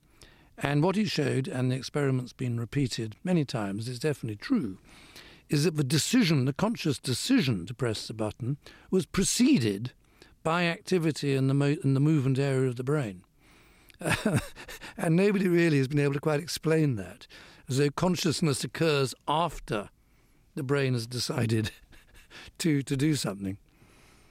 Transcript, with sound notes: And what he showed - and the experiment's been repeated many times; it's definitely true - is that the decision - the conscious decision to press the button was preceded by activity in the movement area of the brain. (Laughter). And nobody, really, has been able to quite explain that - as though consciousness occurs after the brain has decided to do something.